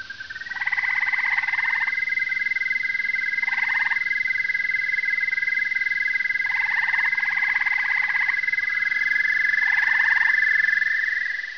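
Toad trilling: a long, steady high trill runs throughout, with several shorter pulsed, rattling bursts at irregular intervals.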